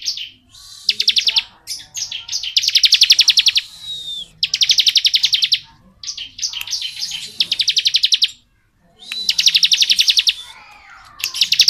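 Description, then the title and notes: Bar-winged prinia song: dense, buzzy high trills of rapid ticking notes, each burst about a second long, repeated with short pauses and faint softer chirps between. Bar-winged prinia in the "ngebren" song style, used as tutor audio for training murai batu (white-rumped shama). "Ciblek Ngebren Untuk Masteran Murai Batu. Suara burung ciblek - Suara Nada"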